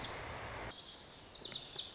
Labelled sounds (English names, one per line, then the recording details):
Lazuli Bunting
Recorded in Sonoma County, California